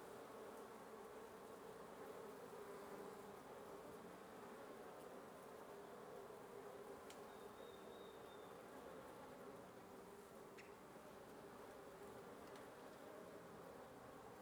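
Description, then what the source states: Wasps producing a steady swarm drone, with a few brief high clicks and a short faint whistle partway through. Wasp nest under the roof of a residence in Antigua Guatemala, Guatemala; recorded in the morning.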